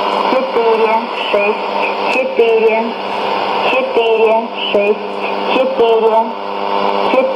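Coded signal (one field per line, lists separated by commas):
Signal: numbers station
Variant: S06s Russian Lady, Russian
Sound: female voice reading short, evenly spaced words through hiss and static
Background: radio static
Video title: 19 04 2017 Numbers station S06s Russian Lady in Russian to Eu 0830 on 9082, 9255, 11530 unknown tx s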